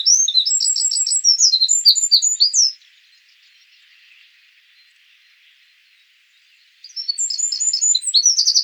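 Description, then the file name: Eurasian wren song: an energetic stream of shrill notes and twitters, a silent gap of about four seconds, then the song starts again. "Troglodytes troglodytes"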